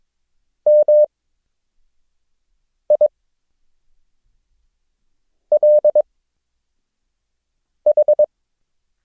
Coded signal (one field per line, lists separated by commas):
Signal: Morse code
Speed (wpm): 22 wpm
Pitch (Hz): 600 Hz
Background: none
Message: M I L H